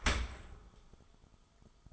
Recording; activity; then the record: daily activity, microphone in the room; open dishwasher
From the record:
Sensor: 5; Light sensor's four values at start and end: 32/74/30/29 and 32/74/30/29